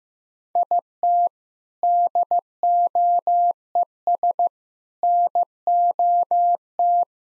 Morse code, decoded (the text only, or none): IT DOES NOT